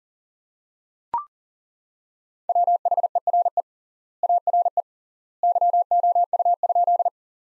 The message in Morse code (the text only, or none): WHERE ARE YOU?